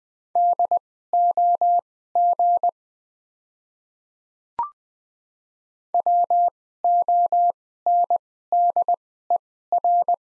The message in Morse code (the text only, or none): DOG WONDER